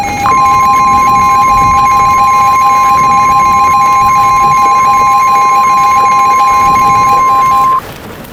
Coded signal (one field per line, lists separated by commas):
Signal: Emergency Alert System (SAME) tones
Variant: 1050 Hz attention tone